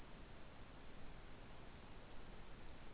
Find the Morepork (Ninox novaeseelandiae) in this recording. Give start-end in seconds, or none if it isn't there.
none